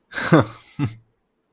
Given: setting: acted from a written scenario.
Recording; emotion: vocal sound without words; amusement